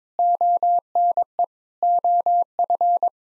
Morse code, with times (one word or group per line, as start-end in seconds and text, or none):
0.2-1.4 ONE
1.8-3.1 OF